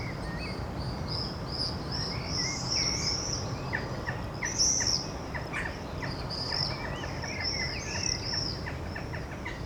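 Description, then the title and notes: Birds chirping and twittering: a continuous band of high notes with lower whistled chirps scattered between, over a steady low road rumble. Recorded along Chemin sous les Fenêtres, Aurifat, Cordes-sur-Ciel, Albi, Tarn, Occitanie, France; birdsong with road noise; Zoom H6 recorder, FetHead, BasicUcho microphone. "Chemin sous les Fenêtres, Aurifat, Cordes-sur-Ciel, Albi, Tarn, Occitanie, France métropolitaine, 81170, France - quiet time with the birds. birdsong , noise from the road"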